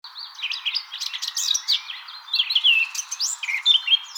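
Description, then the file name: Eurasian blackcap song: a rapid, scratchy warble mixing short chirps with clearer whistled notes, running almost without pause. "Sylvia atricapilla"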